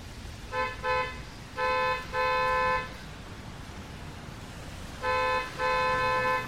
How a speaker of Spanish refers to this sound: Alguien tocaba la maldita bocina del auto. Unos bocinazos espantosos, persistentes.